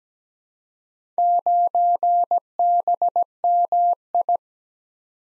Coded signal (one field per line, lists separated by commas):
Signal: Morse code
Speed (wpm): 17 wpm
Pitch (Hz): 700 Hz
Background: none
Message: 9BMI